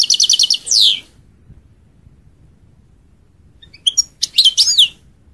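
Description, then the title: European goldfinch song, a burst of quick liquid twittering notes and a descending trill, a pause, then more bright tinkling twitters and buzzy phrases. "Chant Chardonneret"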